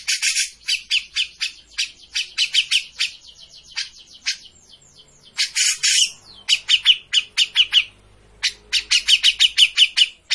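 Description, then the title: Grey-cheeked bulbul mixing quick chirps with harsh, rasping squawks and a few sliding notes, in irregular bursts with brief gaps. Bird-training master recording of an actively singing (gacor) cucak jenggot. "Cucak Jenggot Gacor. Masteran burung cucak jenggot ! Suaka burung"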